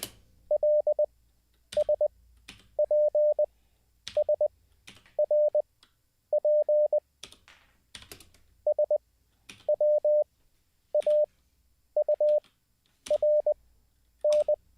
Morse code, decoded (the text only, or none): LSPSRP SWAURN